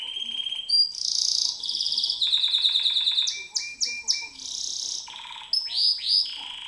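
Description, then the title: White-eye song, a hurried jumble of high twitters, rattling trills and quick upslurred notes, continuous and varied throughout. Song in the ngerol ngalas style. "Suara Burung Pleci Ngerol Ngalas"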